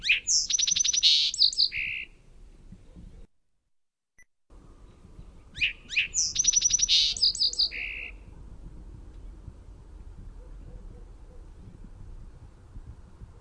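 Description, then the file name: Song sparrow song given twice, about five seconds apart: clear opening notes, a fast rattling trill and a buzzy finish, with quiet background noise between. "SOSP song"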